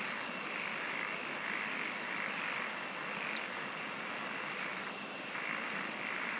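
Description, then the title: Insect song: a fast train of high pulses ticking for about two seconds, set over a continuous high buzzing chorus and steady background hiss. "SINGING OF INSECTS"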